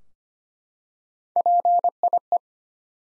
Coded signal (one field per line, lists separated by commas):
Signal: Morse code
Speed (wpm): 25 wpm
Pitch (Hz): 700 Hz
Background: none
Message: PIE